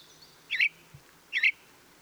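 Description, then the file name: Ring ouzel giving two separate husky, piping notes about a second apart against quiet background noise. Song; recorded on 26 April 2014. "Ringdrossel. Michle Pron"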